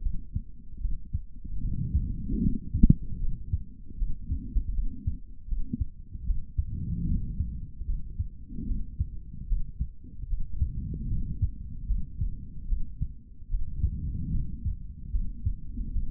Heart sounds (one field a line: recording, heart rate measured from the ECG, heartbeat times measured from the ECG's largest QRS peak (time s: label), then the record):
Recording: heart sounds by stethoscope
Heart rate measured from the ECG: 75 bpm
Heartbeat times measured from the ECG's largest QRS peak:
0.01 s: heartbeat
0.80 s: heartbeat
1.60 s: heartbeat
2.40 s: heartbeat
3.19 s: heartbeat
3.97 s: heartbeat
4.73 s: heartbeat
5.47 s: heartbeat
6.25 s: heartbeat
7.06 s: heartbeat
7.86 s: heartbeat
8.66 s: heartbeat
9.47 s: heartbeat
10.28 s: heartbeat
11.08 s: heartbeat
11.87 s: heartbeat
12.67 s: heartbeat
13.49 s: heartbeat
14.31 s: heartbeat
15.11 s: heartbeat
15.93 s: heartbeat
From the record:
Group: healthy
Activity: rest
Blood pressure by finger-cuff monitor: 105/76 mmHg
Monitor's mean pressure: 85 mmHg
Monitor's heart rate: 76 bpm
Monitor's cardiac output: 3.5 L/min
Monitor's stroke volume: 45 mL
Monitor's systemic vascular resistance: 1740 dyn s/cm5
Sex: male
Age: 55 years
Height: 167 cm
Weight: 57.2 kg